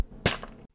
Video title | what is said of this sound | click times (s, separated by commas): Snap Capp - How To | push with the heel of the palm of your hand until you hear a snap. | 0.4 s